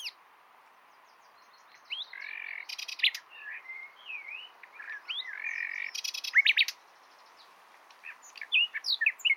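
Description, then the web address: Common nightingale singing varied phrases: buzzy clicking bursts, slurred whistles rising and falling, and short sharp notes separated by brief pauses. "SETE data Luscinia megarhynchos"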